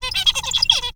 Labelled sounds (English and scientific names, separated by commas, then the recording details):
Zebra Finch (Taeniopygia guttata) song
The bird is a male
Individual mal11